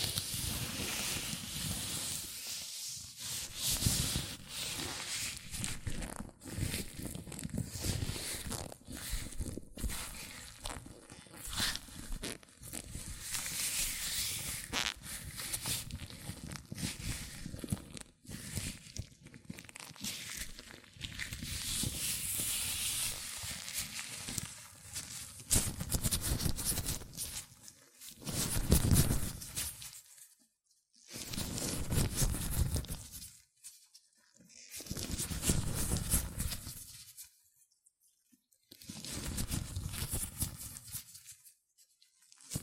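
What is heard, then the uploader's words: Hands in latex gloves rub and squeak in a dense, scratchy stream of friction for the first half minute, with constant crinkling and brief pauses. After about 28 seconds it breaks into separate bursts of rubbing, each lasting a couple of seconds, divided by short silences. ASMR Latex Gloves Hand Sounds (No Talking).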